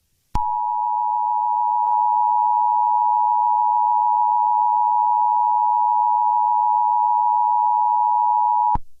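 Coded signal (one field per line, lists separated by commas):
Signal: Emergency Alert System (SAME) tones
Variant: 853 and 960 Hz attention tone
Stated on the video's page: Fictional EAS scenario using valid EAS tones.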